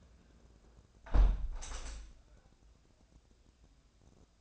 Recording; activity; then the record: daily activity, microphone in the room; close window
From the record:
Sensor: 2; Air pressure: 1012.2 hPa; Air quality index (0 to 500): 128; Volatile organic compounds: 1 ppm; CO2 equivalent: 947 ppm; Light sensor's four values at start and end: 174/419/176/185 and 175/422/177/185